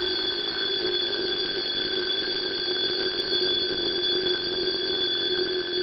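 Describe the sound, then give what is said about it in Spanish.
An alarm clock rings loudly and continuously for several seconds, a steady, shrill high-pitched tone that never pauses, with no voices. “en ese preciso instante, un sonoro despertador le salvó la vida, despertándola a ella y a su fallido protector Glenn”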